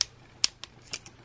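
During a reverse transformation of a Gundam Fix Figuration Gundam Wing Zero (EW) metal/plastic action figure, a plastic part is pulled out of the figure body. Sharp snaps ring out at 0.0 s and 0.4 s, followed by fainter clicks around 0.6, 0.9 and 1.1 s. The part pops out and is released.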